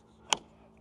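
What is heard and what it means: An over-center latch on the pop-up roof of a Four Wheel Camper Project M truck camper shell is clipped shut after the roof is pulled down. It gives one sharp, bright snap at 0.3 s against a quiet background, followed by a much fainter tick near 0.8 s. The latch locks into place.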